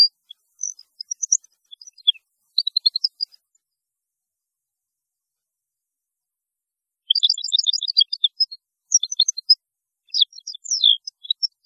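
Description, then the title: European goldfinch song, long tinkling twitters of fast, high, bell-like notes and trills in two extended bursts separated by a pause. "Chant Chardonneret"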